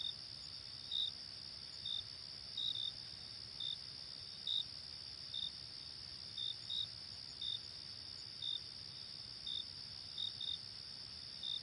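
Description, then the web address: Cricket giving short, high chirps roughly once a second, occasionally in pairs, against a constant high buzz. "hobokenchicken kira. crickets"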